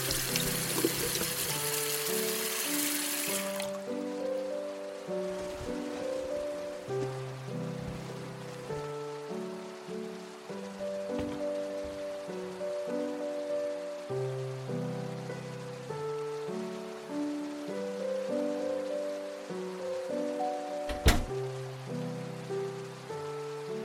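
Steady rain hisses for the first few seconds, then cuts out, leaving soft, slow music of low, gentle notes that shift every second or so. A single sharp knock or click sounds near the twenty-one-second mark.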